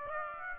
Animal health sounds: mosquito wingbeat signal from an infrared sensor; Aedes aegypti

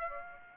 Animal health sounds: mosquito wingbeat signal from an infrared sensor; Aedes aegypti

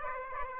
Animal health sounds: mosquito wingbeat signal from an infrared sensor; Aedes aegypti

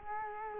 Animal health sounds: mosquito wingbeat signal from an infrared sensor; Culex quinquefasciatus

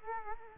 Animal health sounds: mosquito wingbeat signal from an infrared sensor; Culex quinquefasciatus

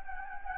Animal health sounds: mosquito wingbeat signal from an infrared sensor; Anopheles gambiae

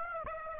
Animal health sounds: mosquito wingbeat signal from an infrared sensor; Aedes aegypti

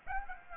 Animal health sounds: mosquito wingbeat signal from an infrared sensor; Aedes aegypti

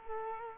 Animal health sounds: mosquito wingbeat signal from an infrared sensor; Culex quinquefasciatus

